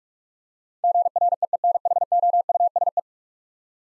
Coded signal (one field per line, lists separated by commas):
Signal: Morse code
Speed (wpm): 41 wpm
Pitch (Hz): 700 Hz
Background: none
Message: GREENHOUSE